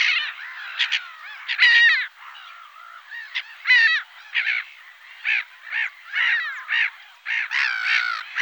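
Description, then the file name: Black-headed gull giving harsh, grating calls in short bursts, some rising and falling, repeated irregularly with brief quieter gaps between. "gabbiano comune"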